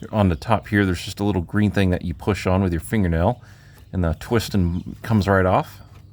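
Someone talks while handling the second, identical plastic quick-connect fuel line coupling at the inline fuel filter of a 2005–2009 Ford Mustang 4.0L V6, about to push it onto the filter. Only speech is heard, with no distinct click, and nothing has seated or clicked yet.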